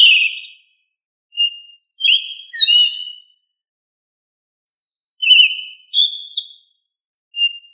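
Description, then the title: Thrush singing varied phrases of whistles and quick high flourishes, each phrase about two seconds, with brief silences between. "Familia Turdidae - Sabia"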